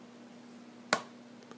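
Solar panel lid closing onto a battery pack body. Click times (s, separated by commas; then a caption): 0.9 s. The solar panel lid of an Opteka BP-SC8000 6000mAh backup battery solar charger is closed onto the battery pack body, and its magnetic enclosures pull it shut. It latches with one sharp, bright snap at 0.9 s, followed by two faint ticks near 1.4 and 1.5 s. The lid snaps into place and holds tight.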